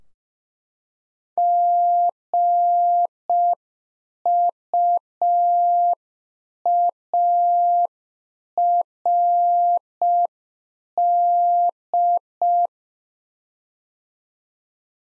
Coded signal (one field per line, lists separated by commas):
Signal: Morse code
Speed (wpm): 5 wpm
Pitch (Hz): 700 Hz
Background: none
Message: GUARD